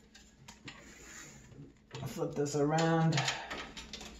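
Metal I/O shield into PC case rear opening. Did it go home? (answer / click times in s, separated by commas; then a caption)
no / none. A metal I/O shield is handled at the rear opening of a PC case as the case is flipped around, with a few light knocks and rattles early on and another brief tap near the end. Someone talks through the second half. The shield has not seated or clicked into the case yet.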